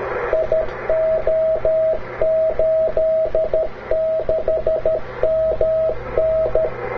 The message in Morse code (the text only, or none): IO86MN